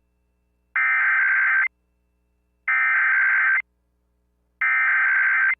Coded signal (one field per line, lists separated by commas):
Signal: Emergency Alert System (SAME) tones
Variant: header bursts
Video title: WURD Radio Live Stream - onWURD